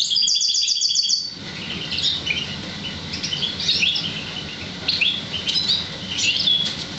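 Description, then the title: Oriental magpie-robin song opening with a fast high trill, then scattered sweet whistled and chattering notes with pauses between. "Kicau Kacer"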